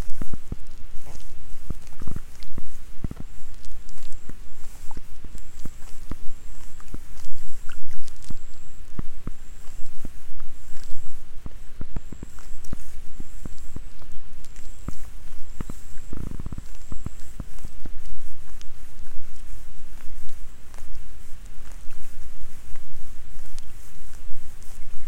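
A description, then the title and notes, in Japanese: Rice seedlings being pulled in the afternoon: irregular pats, rustles and soft clicks of handling run throughout, with a heavier thump near sixteen seconds. A thin, high insect trill pulses steadily from about three to eighteen seconds over a low rumble. イネ苗とり 午後 そろそろ虫の声。33℃\\18℃。晴れ。今季最後の苗とり。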